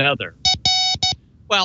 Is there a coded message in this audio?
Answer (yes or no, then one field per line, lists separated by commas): no